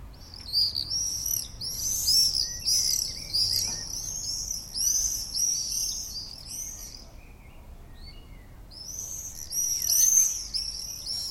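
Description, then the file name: Common swift: shrill screaming calls of common swifts, several birds overlapping in long bursts, fading briefly before another loud volley near the end. Common swift calls, recorded 6 June 2014. "Mauerseglerrufe MS 06-06-2014"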